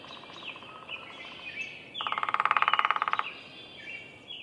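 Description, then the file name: Downy woodpecker drumming, a fast even roll of taps lasting about a second, preceded by a fainter roll; other birds call and chirp in the background. Drumming; recorded at a bird sanctuary in Minnesota. "Picoides pubescens drumming Roberts Bird Sanctuary, Minnesota"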